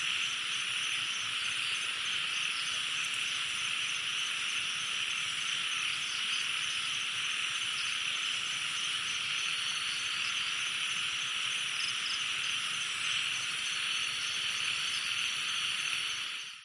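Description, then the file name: Insects chorusing at night, a constant sizzling drone of overlapping high trills that holds steady before cutting off abruptly at the end. Night chorus at a jungle pond in Thailand. "thailand jungle night pond frogs insects"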